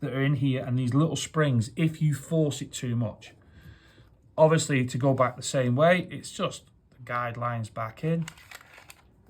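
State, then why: Not seated. During reassembly after field stripping, the slide of a Beretta M92 gas blowback airsoft pistol is handled to slide back along the guide rails onto the frame while someone talks, with two faint brief taps near 8.6 and 8.9 seconds. Nothing has seated or clicked yet; the slide is not yet home on the frame.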